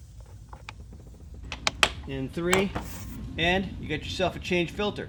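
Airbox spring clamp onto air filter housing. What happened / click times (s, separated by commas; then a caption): The spring clamp snapped shut / 1.7 s, 1.8 s. The third spring clip clamp on the airbox cover of a 2017 Honda Accord is snapped shut onto the engine air filter housing, with sharp clicks at 1.7 s and 1.8 s after a few lighter taps. Someone then talks. The clamp is seated and the filter change is finished.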